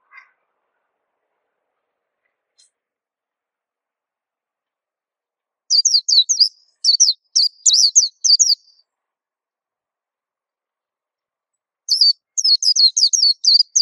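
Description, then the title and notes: White-eye song: quiet for about five seconds, then two spells of rapid, high, chirpy slurred notes. Song described as melodious and long. "Kicau Burung Pleci ampuh. suara burung pleci merdu panjan"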